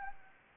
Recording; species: mosquito wingbeat signal from an infrared sensor; Anopheles gambiae